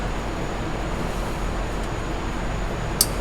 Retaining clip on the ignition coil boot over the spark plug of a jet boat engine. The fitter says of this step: you hear it click like that and same for the next two